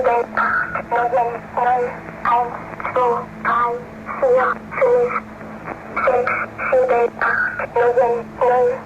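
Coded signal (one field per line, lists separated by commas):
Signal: numbers station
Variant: Swedish Rhapsody, childlike voice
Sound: a high, childlike voice reading short evenly spaced words over a radio channel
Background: steady low hum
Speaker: What makes this video and the station really eerie is how the numbers were read. They were spoken in a childlike, almost creepy voice,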